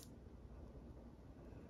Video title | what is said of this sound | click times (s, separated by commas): How to change your Dexcom G6 Sensor Tutorial / Dexcom G6 Removal & Insertion. | right here a little click and just want to make sure that it is flush to | 0.0 s